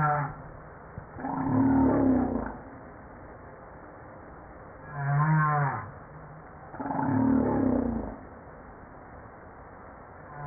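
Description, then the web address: Humpback whale song, low grinding pulsed groans alternating with a rippling buzzy unit, three phrases spaced a few seconds apart. From a JASA 2013 publication set. "pub JASA 2013 Blue Bowhead Fin Humpback Southern Right Whale humpback-01 940305"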